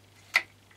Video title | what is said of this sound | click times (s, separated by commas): AEG Router MF1400KE Part 3 | just engage the spindle lock you can hear it | 0.4 s